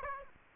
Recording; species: mosquito wingbeat signal from an infrared sensor; Aedes aegypti